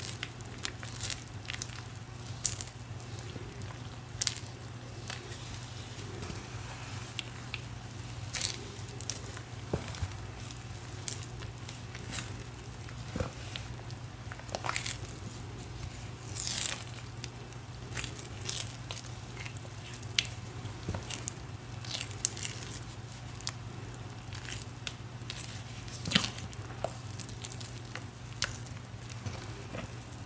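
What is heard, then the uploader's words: Matcha cornstarch paste is pressed and reformed, producing soft squishes and crisp crackling snaps every second or two, some sharper around 10, 16 and 26 seconds. A steady low hum runs underneath throughout. Matcha cornstarch paste and reforming.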